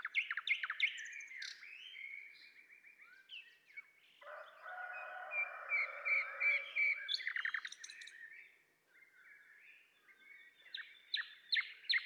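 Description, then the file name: Common nightingale singing a varied phrase: rapid sharp chips, a long low whistled stretch with a buzzy band, then fast repeated notes and renewed chips. "Luscinia megarhynchos"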